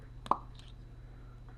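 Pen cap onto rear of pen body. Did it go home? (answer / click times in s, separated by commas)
yes / 0.3 s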